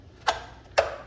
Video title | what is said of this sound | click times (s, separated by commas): C7 corvette side mirror housing tear down and reassemble. | okay you'll hear it snap in make sure it's lined up | 0.3 s